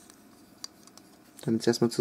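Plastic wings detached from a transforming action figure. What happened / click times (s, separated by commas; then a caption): A plastic toy part unclipped / 0.6 s. The plastic wings of a transforming action figure are detached along with both flaps. A sharp unclipping snap is heard at 0.6 s among faint small clicks, then someone talks. The wings come free.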